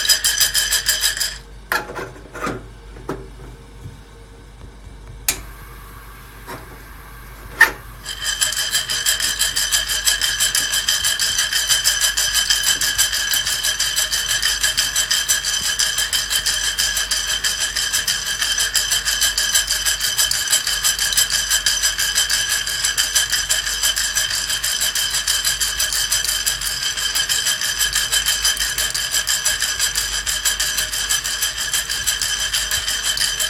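Green coffee beans being roasted. The first eight seconds are mostly quiet, broken by a few sharp clicks and knocks, then a dense, steady rasping whir starts and carries on unchanged to the end, like beans churning and scraping in a turning drum.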